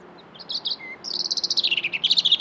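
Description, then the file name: European robin song phrase: thin high notes, then a rapid series of pulsed notes that dips in pitch and rises again at the end. "Erithacus rubecula"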